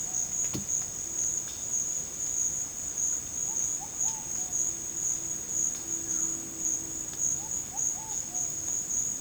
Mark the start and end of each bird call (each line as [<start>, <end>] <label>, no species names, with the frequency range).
[3.39, 4.39] bird call (0.6-1.3 kHz)
[7.34, 8.52] bird call (0.4-1.5 kHz)